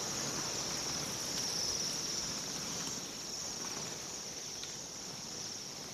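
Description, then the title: Bohemian waxwing flock giving a steady, high, silvery trilling chorus, with soft background hiss. "Viikon luontoääni: Tilhi"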